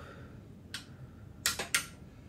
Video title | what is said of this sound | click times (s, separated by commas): D16 and B18 Crankshaft Assembly and Oil Clearances | okay now second step is 38 ft pound torque we're going to hear the clicking sound louder now | 1.5 s, 1.8 s